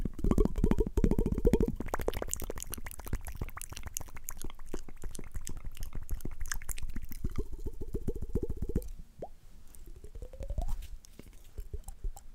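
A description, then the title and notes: Wet mouth sounds: dense clicking and smacking with bursts of low humming at the start and near nine seconds, then sparser pops. ASMR Mouth Sounds & Visuals Hand Movements.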